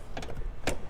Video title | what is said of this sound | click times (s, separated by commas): 2019 Toyota Tundra 4X4 CrewMax SR5 Plus 5.7L TRD PRO Package - Toyota Northwest Edmonton - 9TU8014 | all we got to do is just pull this button and those click into place giving you plenty of storage space in the back | 0.7 s